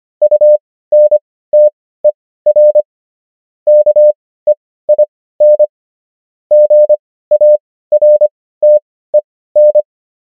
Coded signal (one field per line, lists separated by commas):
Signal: Morse code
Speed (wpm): 25 wpm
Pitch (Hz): 600 Hz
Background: none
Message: UNTER KEIN GARTEN